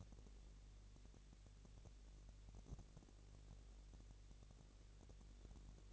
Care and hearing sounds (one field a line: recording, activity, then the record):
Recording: daily activity, microphone in the room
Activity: no activity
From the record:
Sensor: 4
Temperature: 22.5 degrees Celsius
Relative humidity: 33.4%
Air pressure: 999.7 hPa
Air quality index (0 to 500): 231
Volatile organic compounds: 20 ppm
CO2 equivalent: 2705 ppm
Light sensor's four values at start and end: 2/3/1/1 and 2/3/1/1